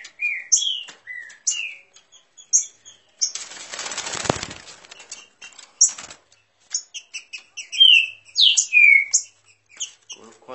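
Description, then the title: Green-winged saltator singing bright whistled phrases, some falling and some rising, mixed with soft chips and a brief burst of rustling noise midway. Warming up its song; song style referred to as voice 09. "Canto De Trinca Ferro Voz 09. Trinca Ferro esquentando!"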